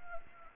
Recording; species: mosquito wingbeat signal from an infrared sensor; Anopheles gambiae